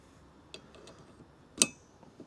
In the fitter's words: you heard it click